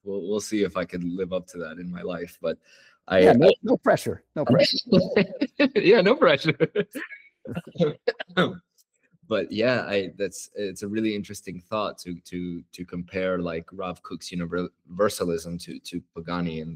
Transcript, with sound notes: We we’ll see if I could live up to that in my life, but I No pressure. No pressure. Yeah, no pressure. [laughter] But yeah, I that’s it’s a really interesting thought to to to compare like Rav Kook’s universalism to to Pagani.